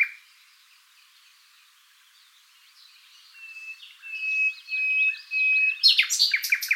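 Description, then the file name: Common nightingale song mostly faint at first, then long level whistles and a sudden loud burst of sharp notes at the end. "Luscinia megarhynchos"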